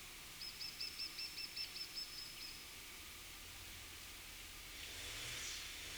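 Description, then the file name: Great tit calls: a faint, rapid series of many short high notes over about two seconds, then background noise. "Parus major"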